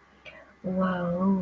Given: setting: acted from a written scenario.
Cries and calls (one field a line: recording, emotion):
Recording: vocal sound without words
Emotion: serenity